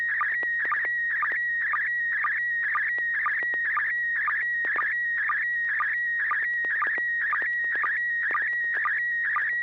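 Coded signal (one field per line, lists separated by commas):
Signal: SSTV (slow-scan television)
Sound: warbling whistle sliding around 2 kHz, with a short low chirp about twice a second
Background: steady low hum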